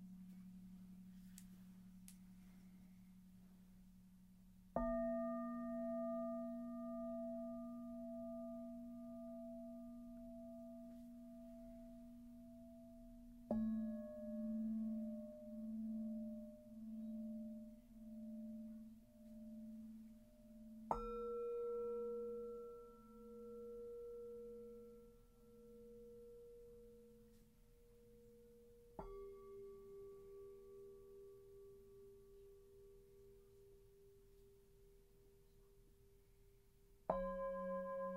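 Singing bowls are struck one at a time, about every eight seconds, each stroke a sharp onset followed by a long, slowly fading ring. The tones shift in pitch from strike to strike, and several swell and wobble rhythmically as they decay. A faint low hum sits underneath.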